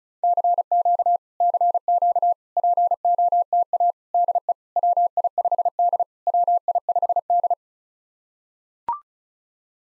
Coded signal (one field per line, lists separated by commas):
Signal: Morse code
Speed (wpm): 36 wpm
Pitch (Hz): 700 Hz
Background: none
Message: CQ CQ POTA DE WI5D WI5D